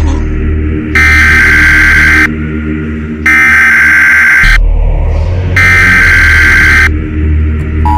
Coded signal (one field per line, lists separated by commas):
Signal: Emergency Alert System (SAME) tones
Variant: header bursts